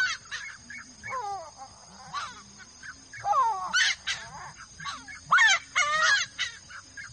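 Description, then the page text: Bird calling with loud, grating caws and descending notes, clustered irregularly, some overlapping, over a steady background hum. "¿Conocias Esta Especie De Ave"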